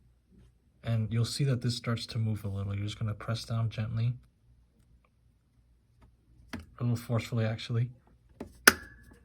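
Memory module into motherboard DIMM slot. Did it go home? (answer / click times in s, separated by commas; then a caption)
yes / 8.4 s, 8.7 s. A RAM memory module is pressed firmly down into a motherboard DIMM slot while someone talks. The retention clips on both ends snap shut with two sharp clicks at 8.4 s and 8.7 s, leaving the module seated and secured.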